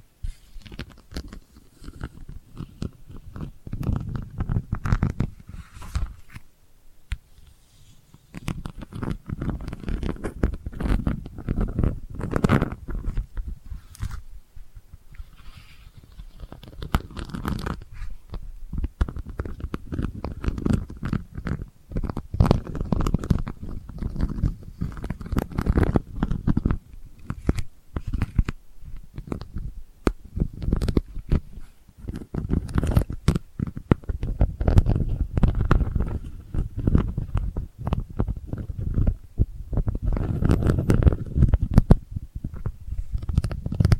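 Delicate scratching goes on almost without pause, a dense run of quick, dry strokes with a soft, low rubbing beneath. Short quieter gaps fall near 7 and 15 seconds, and bursts grow fuller and scratchier through the middle and around 40 seconds.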